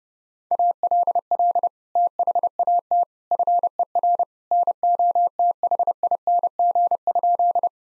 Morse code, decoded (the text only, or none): ALL THAT FER NOTHING?